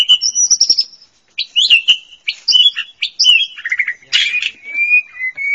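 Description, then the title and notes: Bird song: a fast, varied run of whistled and chirping notes, then a buzzy burst and sustained high whistles. "Kicau Burung Lengkap"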